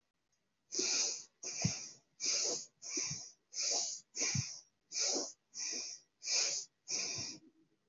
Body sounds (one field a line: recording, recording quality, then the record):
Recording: shallow breathing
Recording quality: excellent, no background noise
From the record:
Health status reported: healthy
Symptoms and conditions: none ticked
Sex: female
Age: 30 years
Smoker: not ticked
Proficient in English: yes